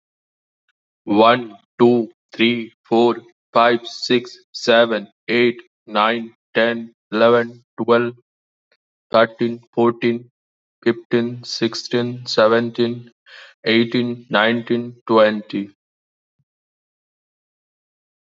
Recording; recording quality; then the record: counting at a normal pace; excellent, no background noise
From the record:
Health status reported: healthy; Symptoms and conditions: none ticked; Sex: male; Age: 31 years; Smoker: not ticked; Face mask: not worn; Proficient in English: yes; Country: India